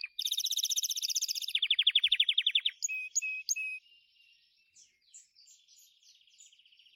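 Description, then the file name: Gloster canary song opening with a rapid high rolled trill, then a slower pulsed trill and a few sharp chips fading into soft twittering. "canto do canario gloster"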